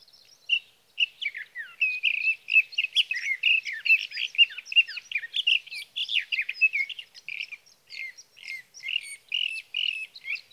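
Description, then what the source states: Sage thrasher singing a sustained, rapid medley of warbles and chirps that runs almost without break throughout. Male singing through the night near his night roost, evenings of June 12 to mornings of June 15, 2018, Sierra Valley, California; recorded with a Swift recorder.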